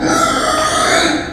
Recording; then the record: squeal of a Yucatan mini pig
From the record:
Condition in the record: before surgery on the right vocal fold (resection and tissue-engineered implant); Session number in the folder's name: 3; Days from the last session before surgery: 0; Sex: female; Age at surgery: 19 weeks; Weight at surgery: 25 kg